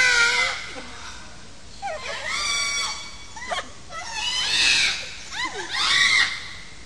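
Parrot giving harsh, squawking screeches with rising and falling slurred notes, in repeated bursts.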